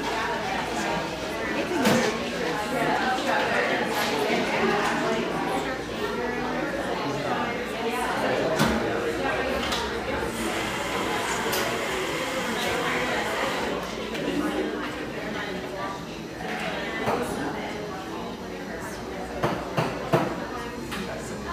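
A steady crowd murmur fills the Pearl District, Portland scene, many overlapping voices talking at once with no single speaker standing out. Sharp clicks and clattering knocks cut through every few seconds, with a quick cluster of bright taps near the end.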